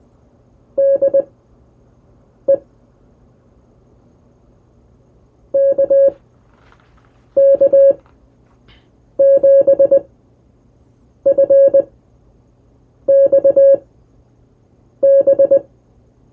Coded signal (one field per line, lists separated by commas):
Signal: Morse code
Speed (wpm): 20 wpm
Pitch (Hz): 550 Hz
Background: none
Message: DE KK7FXB